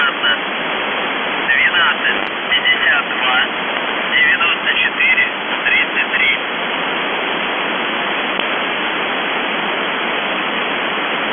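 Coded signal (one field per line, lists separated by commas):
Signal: numbers station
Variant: UVB-76, Russian voice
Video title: The Buzzer/UVB-76(4625Khz) September 20, 2021 07:51UTC Voice message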